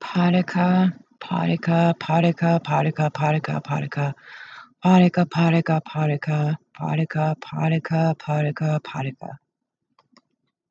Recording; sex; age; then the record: repeated syllables /pa ta ka/; female; 30 to 39 years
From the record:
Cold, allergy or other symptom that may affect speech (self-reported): no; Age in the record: 37 years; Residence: Massachusetts, United States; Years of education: 13